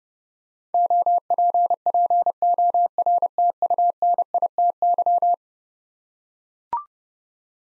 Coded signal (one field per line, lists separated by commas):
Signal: Morse code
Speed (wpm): 32 wpm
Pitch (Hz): 700 Hz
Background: none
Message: OPPORTUNITY